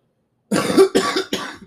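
Three quick raspy coughs in a row from an adult man, with a phlegmy edge: a wet, productive cough following a day of a lot of screaming, not from COVID or anything contagious.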